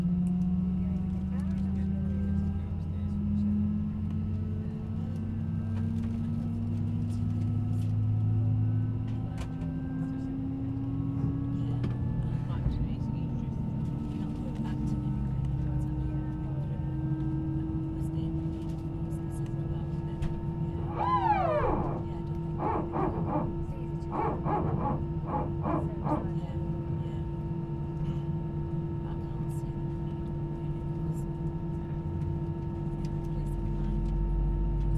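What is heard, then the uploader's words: Inside an airplane during take-off, a loud, steady low engine hum fills the cabin, its tones slowly climbing in pitch as the engines work harder. Around twenty seconds in, a brief rising whine and a cluster of short tonal bursts cut through. Long Airplane Take-Off, Liverpool — Isle of Man. A long waiting in the airplane from Liverpool to The Isle of Man to take-off, with low engines' humming.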